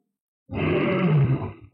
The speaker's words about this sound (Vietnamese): Đi kèm tiếng gào là sự chấn động của vùng đất này, tia điện thông thiên lấp lánh rọi sáng cái mảnh non sông nơi đây.